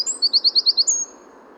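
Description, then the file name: Eurasian wren song fragment: a thin high whistle, then a quick run of about six bright, sharp trilled notes ending in a drawn-out high note, lasting about one second. "Troglodytes troglodytes"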